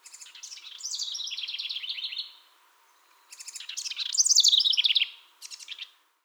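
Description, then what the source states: House wren song: bubbling, rapid chattering trills that tumble downward, delivered in two long bursts and a shorter third phrase. Recorded 18 June 2021.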